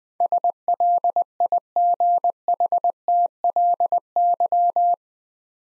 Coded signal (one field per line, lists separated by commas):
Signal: Morse code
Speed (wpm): 21 wpm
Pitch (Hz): 700 Hz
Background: none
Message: SLIGHTLY